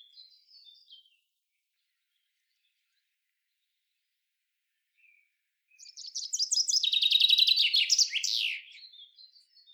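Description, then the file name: Common chaffinch song: a descending run of bright repeated notes running into a rattling trill and ending in a flourish, after a few soft chirps. "Fringilla coelebs"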